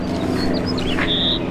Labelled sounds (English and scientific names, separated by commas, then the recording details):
House Finch (Haemorhous mexicanus) song
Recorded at Moriches on Long Island, New York, on 22 June 2013
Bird E